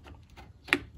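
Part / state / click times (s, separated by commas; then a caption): magnet cover onto e-bike wheel/speed sensor mount / seated / 0.7 s. A plastic cover holding the spoke magnet is pressed onto an e-bike wheel's speed sensor mount and given a small rotation. After a few faint ticks and a brief rising scrape, it clicks sharply into place at 0.7 s, seating the cover.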